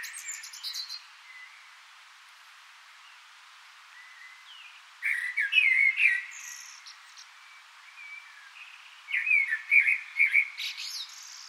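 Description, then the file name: Common blackbird song: a brief high twitter, a long quiet gap with faint warbling, then two loud fluted phrases with scratchy squeaks. "Turdus merula"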